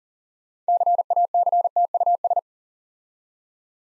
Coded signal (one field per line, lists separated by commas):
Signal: Morse code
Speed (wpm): 42 wpm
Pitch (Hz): 700 Hz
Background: none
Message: CACTUS